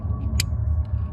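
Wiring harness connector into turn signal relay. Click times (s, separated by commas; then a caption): 0.4 s. A plastic wiring harness connector is pushed onto the new turn signal relay of an NB Miata and latches with a short, sharp click at 0.4 s, heard over a steady low rumble. The connector is seated.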